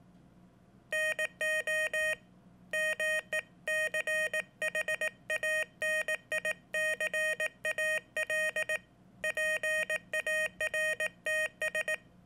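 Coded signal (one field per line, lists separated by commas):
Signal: Morse code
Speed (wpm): 18 wpm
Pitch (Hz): 1850 Hz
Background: none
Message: NO MECHANICAL PARTS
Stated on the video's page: Sent with a homebrew or kit portable pressure (touch sensor) Morse paddle.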